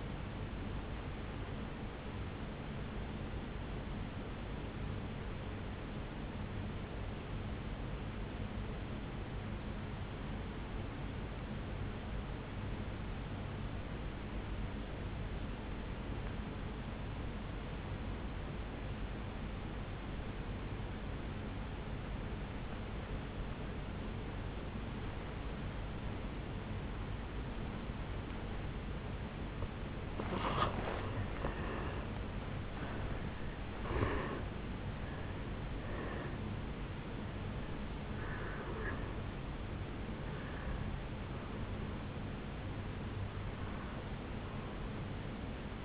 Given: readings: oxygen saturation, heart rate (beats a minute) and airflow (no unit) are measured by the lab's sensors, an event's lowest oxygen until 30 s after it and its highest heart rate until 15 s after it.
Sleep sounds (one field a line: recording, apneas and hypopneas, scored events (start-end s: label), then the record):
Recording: breathing in sleep by a voice recorder at the bedside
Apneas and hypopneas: 1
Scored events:
4.00-30.20 s: obstructive apnea (N1, oxygen 97% highest, then 86% lowest, heart rate 52 at the start, 75 highest)
12.00-42.00 s: new sleep stage, N2 (light sleep)
42.00-45.84 s: new sleep stage, N1 (lightest sleep)
From the record:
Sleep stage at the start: N1 (lightest sleep)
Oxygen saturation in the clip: 81 to 97%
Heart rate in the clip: 50 to 75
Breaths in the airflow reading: 5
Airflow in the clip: -8.0 to 6.8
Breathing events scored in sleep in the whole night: 449 in 7.0 hours asleep